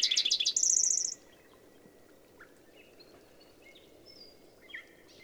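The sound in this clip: Bird song: loud chattering notes and a brief high trill at the start, then quieter thin whistles and chirps.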